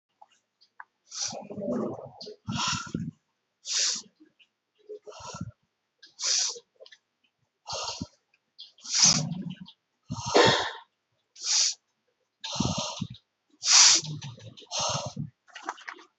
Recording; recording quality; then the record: deep breathing; excellent, no background noise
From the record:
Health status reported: COVID-19 positive, moderate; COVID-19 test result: positive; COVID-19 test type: RT-PCR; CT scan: not taken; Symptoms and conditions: diabetes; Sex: male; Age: 48 years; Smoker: yes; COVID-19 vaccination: none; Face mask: not worn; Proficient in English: yes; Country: India